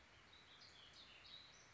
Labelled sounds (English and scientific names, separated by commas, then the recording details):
Warbling Vireo (Vireo gilvus)
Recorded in Sonoma County, California